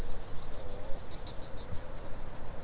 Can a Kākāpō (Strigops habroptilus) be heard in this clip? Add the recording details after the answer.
no. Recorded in New Zealand. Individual Stumpy